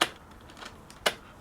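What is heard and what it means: With the inside lever dropped fully over the spindle, the internal turn switch of a fitted Carbine Empire SL8000 residential entrance lever lock on a door is turned to lock and then unlock. Two sharp clicks are heard at 0.0 s and 1.1 s, with faint ticks between them. The locking mechanism engages and then disengages.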